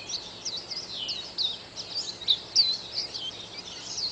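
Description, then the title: White-eye chatter, soft rapid high twittering notes partly blurred by steady background noise. "Pleci. Burung"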